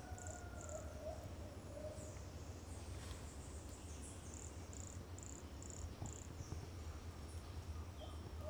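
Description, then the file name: Pumpkin toadlet (Brachycephalus sulfuratus): toadlet calling in a steady series of short, very high, thin notes over a low constant hum. Single individual, not collected, recorded at Núcleo Itutinga Pilões on 8 October 2016. "Brachycephalus sulfuratus Nucleo Itutinga Piloes ind 1 not collected 08 out 2016 MRBornschein"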